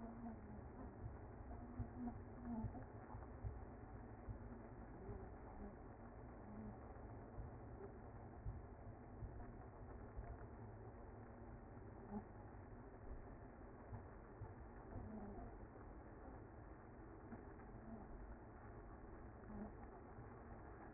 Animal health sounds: honeybee colony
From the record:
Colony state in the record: active

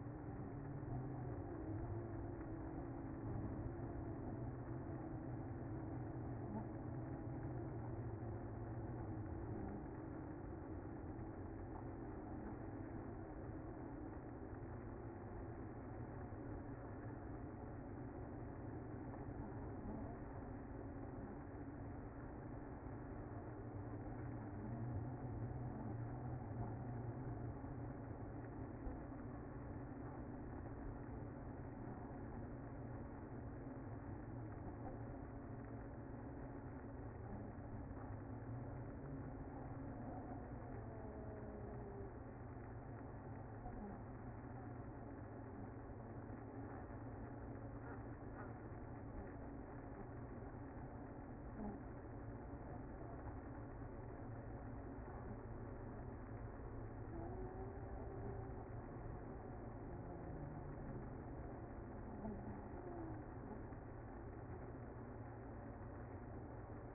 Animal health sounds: honeybee colony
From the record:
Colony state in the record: active

